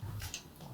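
A therapist fastens a leg-loop buckle of a safety harness into its receiver around a patient's waist. A brief rustle comes first, then a short, sharp snap at 0.3 s over a low hum. The buckle snaps in and is seated.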